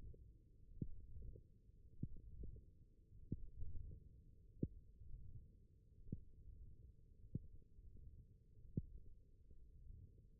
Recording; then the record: forearm muscle sounds (acoustic myography)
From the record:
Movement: wrist flexion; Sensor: system 1, eight BSWA MPA416 microphones around the upper forearm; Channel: 5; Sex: male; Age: 23 years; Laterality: right